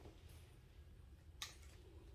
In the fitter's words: Yep, I heard the click.